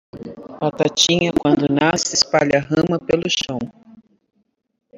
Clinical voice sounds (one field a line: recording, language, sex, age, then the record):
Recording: short text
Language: Brazilian Portuguese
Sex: female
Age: 40 to 49 years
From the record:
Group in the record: control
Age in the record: 47 years